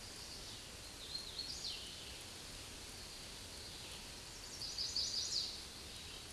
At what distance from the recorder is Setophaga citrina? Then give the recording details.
about 45 m. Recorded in a Pennsylvania forest on 18 May 2023 at 09:31. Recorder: AudioMoth, point grid1_7_low. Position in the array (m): 156 m, 111 m